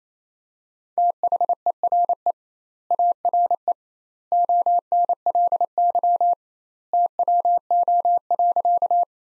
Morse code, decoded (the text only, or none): THERE ARE ONLY TWO.